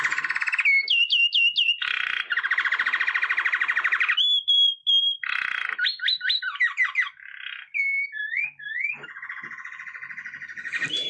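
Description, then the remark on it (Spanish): A saffron finch sings a loud, varied song, alternating buzzy rapid trills with quick series of rising, whistled chirps, phrase after phrase without pause and with no voices. “El jilguero dorado que estamos escuchando es una de las aves más conocidas de la Argentina, a tal punto que es difícil salir al campo y no verlo.”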